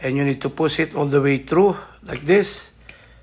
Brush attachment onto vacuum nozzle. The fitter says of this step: you will hear the click sound. Now this one is ready for use, so I can use this to my